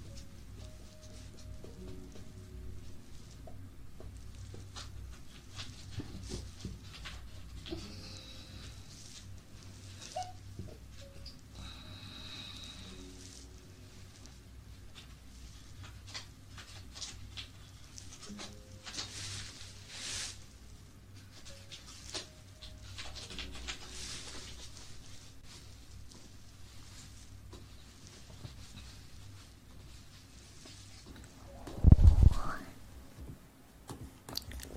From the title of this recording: eating sugar, aloe vera gel ear massage